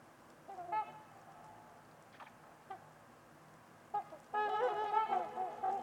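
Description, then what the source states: Trumpeter swans calling, a few single horn-like honks followed by a loud burst of trumpeting, against steady low hiss. Trumpeter swans at Winters Lake on a winter evening in a deep, silent valley with distant white noise.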